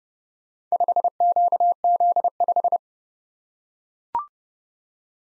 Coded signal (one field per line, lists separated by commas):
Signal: Morse code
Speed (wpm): 29 wpm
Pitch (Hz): 700 Hz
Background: none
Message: 5QZ5